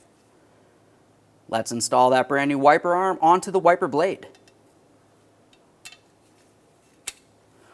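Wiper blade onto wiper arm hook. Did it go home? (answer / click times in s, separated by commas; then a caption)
yes / 7.1 s. Someone talks as a brand-new wiper arm for a 1994-2002 Dodge Ram 2500 is pushed onto the plastic adapter of the reused wiper blade, which was inspected and found not torn, worn or damaged. A few faint handling sounds follow, then a sharp click at 7.1 s as the blade snaps home onto the wiper arm hook. The blade is seated, and a tug confirms it is secured.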